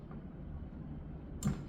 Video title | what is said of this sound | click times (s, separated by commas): LOKLik ImPress Auto 2 Unboxing and Playing | You push it till you click it. I can hear it click. | 1.4 s